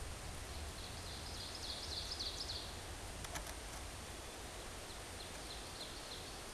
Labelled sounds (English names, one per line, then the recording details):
Ovenbird song
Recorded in a Pennsylvania forest on 17 May 2023 at 14:07
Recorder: AudioMoth, point grid1_12_low
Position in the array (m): 165 m, 55 m